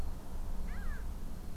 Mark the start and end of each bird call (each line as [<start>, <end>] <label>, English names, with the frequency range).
[0.67, 1.01] Mediterranean Gull (0.8-3.7 kHz)